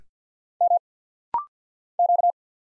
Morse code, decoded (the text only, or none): M Q